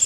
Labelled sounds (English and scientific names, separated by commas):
Pine Warbler (Setophaga pinus) flight call